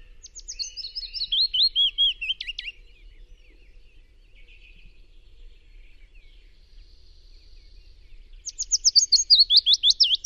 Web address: chant Pouillot fitis